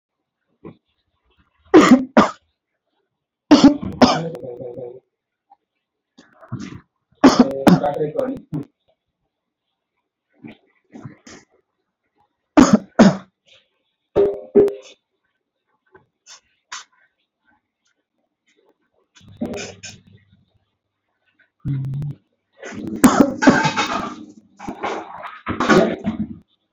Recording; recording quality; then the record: heavy voluntary cough; moderate, slight background noise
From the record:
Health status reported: exposed to COVID-19, no respiratory illness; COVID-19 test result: not tested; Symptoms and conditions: none ticked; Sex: male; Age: 32 years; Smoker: not ticked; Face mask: not worn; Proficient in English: yes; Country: India